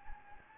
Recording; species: mosquito wingbeat signal from an infrared sensor; Anopheles gambiae